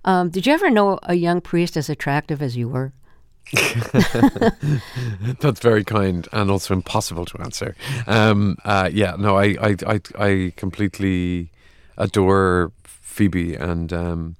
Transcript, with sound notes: Did you ever know a young priest as attractive as you were?
(LAUGHTER)
That's very kind and also impossible to answer. Yeah. No, I completely adore Phoebe and...